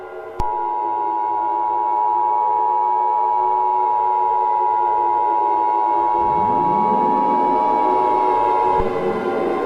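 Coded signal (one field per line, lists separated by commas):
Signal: Emergency Alert System (SAME) tones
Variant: 853 and 960 Hz attention tone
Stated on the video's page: Fictional scenario with sirens and distorted effects, containing valid and invalid EAS tones.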